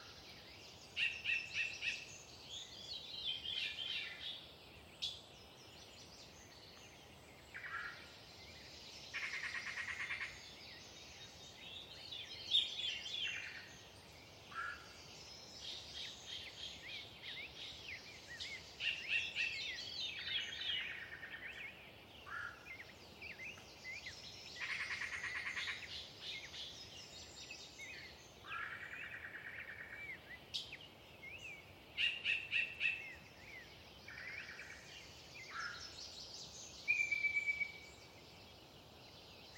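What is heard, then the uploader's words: A dawn chorus by a lake, with many birds singing at once in bright, overlapping phrases that rarely pause across the whole stretch. Some songs sound sharp, over a soft, steady low hiss of open-air background. Sinlahekin Dawn Chorus. Dawn Chorus at Forde Lake. We listen to the world wake up through the canopy of deciduous coverage near the slow-moving Sinlahekin Creek. This location was a favorite of several local Yellow-breasted Chat, but even they can't drown out the Wilson's Snipe, California Quail, and Veery.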